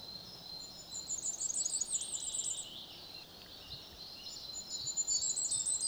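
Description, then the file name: Common firecrest delivers a shrill, very high rapid trill-like song, pauses briefly, then starts another, with faint hiss in the background. "Vuurgoudhaan"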